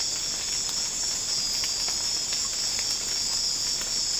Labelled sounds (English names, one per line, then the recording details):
none
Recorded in secondary vegetation near Puerto Asís, Putumayo, Colombia, on 12 March 2025 at 00:30
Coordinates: 0.485, -76.322
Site G040